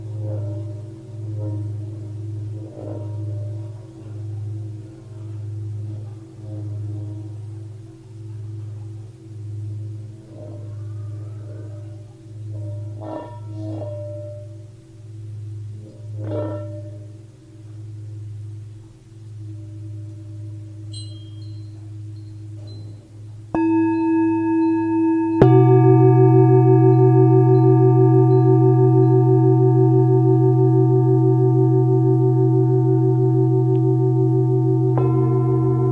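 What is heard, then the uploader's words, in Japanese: A singing bowl hums low and wavering for the first twenty seconds, with scattered short clucks and scratches from chickens. Around 24 and 26 seconds the bowl is struck, giving way to a louder, steady ringing tone that sustains to the end. Tibetan Singiing Bowl。聖なる木パロサントと特別な樹液を焚きながら シンギングボウルの音色をチャボ達とともにお届けしました。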